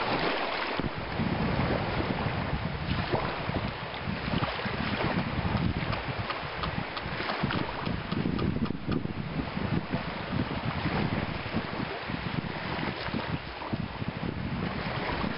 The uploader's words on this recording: Cambodia - ocean surf. Slowly rolling ocean surf glides across the beach at (Krong Prea) Sihanoukville, Cambodia.